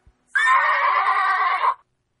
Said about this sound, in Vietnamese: Trong lùm cây đầu tiên vang lên tiếng ngựa hí.